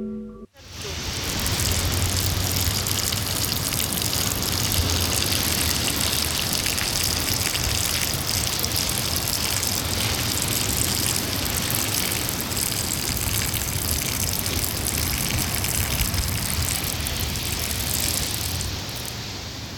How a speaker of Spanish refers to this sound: creo que era una playa en Barranán, en Galicia, y bueno, la descripción del sonido es potente como él solo, o chorriño do mexo cae en arena bruando e chisporroteando con potencia desmedida.